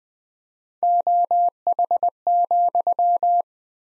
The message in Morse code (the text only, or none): OH,